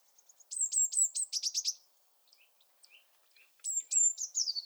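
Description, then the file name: Eurasian blue tit giving very high notes that break into a quick descending trill, then a few soft chips and a second high, sliding trilled phrase. "Cyanistes caeruleus"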